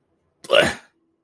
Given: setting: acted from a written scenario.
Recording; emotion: vocal sound without words; disgust